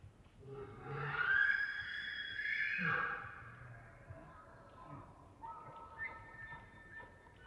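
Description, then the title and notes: Elk bugle, a high whistled call with strong harmonics lasting a few seconds, then a fainter second bugle. Bull elk aggressive challenges with distant antler clashing, rutting season, Colockum Wildlife Area, Washington, high plateau with pine stands, morning of September 18 from pre-dawn, males vocal. "Elk Bull Aggressive Challenges With Distant Antler Clashing. morning of September 18, starting pre-dawn. It was rutting season in the Colockum Wildlife area"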